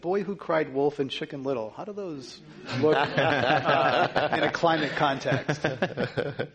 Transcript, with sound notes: The Boy Who Cried Wolf and Chicken Little; how do those work out [laughter] in a climate context?